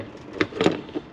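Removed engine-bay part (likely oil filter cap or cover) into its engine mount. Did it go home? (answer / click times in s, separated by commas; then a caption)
yes / 0.4 s. During an oil service, a removed engine-bay part, possibly the oil filter housing cap or a plastic cover, is pushed back into its engine mount by hand until it clicks. A sharp click sounds at 0.4 s, followed by a cluster of softer clattering knocks around 0.6–0.7 s and a faint tap near 1.0 s. The part is seated and confirmed good.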